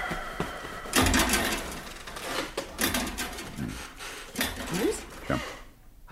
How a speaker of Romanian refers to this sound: Iar a scârțit ceva. Da, cred că sunt arcurile de la pat.